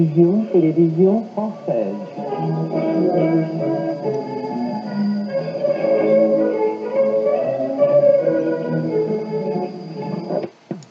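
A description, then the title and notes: An interval signal: wavering, voice-like pitched tones sway up and down for the first two seconds, then give way to denser sustained chords that shift slowly. A thin high whine runs steadily underneath, and the sound cuts off with a click near the end. Office de Radiodiffusion Télévision Française (Interval Signal). Broadcaster: ORTF Paris France 1970. Frequency: 9.620 MHz.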